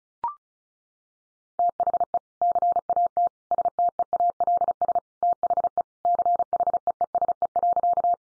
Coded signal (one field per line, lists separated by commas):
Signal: Morse code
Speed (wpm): 34 wpm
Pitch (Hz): 700 Hz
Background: none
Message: THE CAT STEALS THE CHEESE.